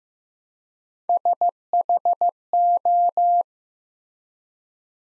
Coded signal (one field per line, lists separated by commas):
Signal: Morse code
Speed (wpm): 15 wpm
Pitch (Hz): 700 Hz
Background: none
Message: SHO